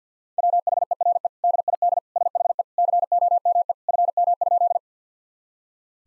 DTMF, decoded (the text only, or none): none